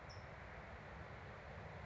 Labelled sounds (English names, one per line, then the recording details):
California Towhee
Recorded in Sonoma County, California